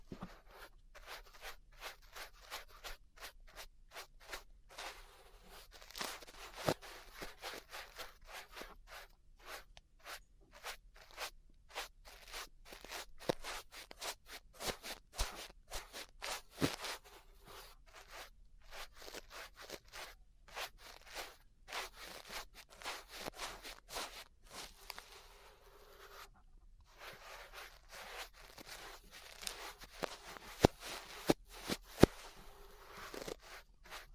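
Ear brushing fills the whole stretch with dense, rapid scratchy strokes, a constant bristly rustle with sharper clicks and scrapes popping out irregularly. The sound is bright and papery, with little low end, and a brief near-silent gap comes around 26 seconds.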